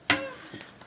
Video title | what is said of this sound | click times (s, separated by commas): Brembo Brake Pad Replacement | mine is a click so you hear the click | 0.1 s